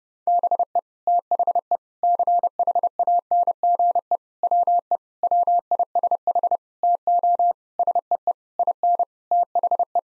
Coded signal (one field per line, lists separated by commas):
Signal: Morse code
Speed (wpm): 32 wpm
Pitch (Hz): 700 Hz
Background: none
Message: BE THE CHANGE WE WISH TO SEE IN THE